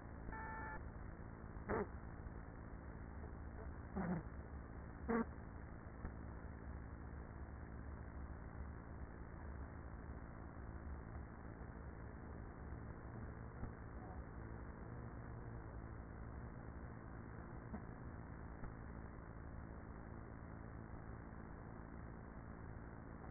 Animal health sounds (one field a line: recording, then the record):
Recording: honeybee colony, microphone inside the hive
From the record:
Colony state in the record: queenless with a low population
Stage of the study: after two queens were removed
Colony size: about 30,000 bees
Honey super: no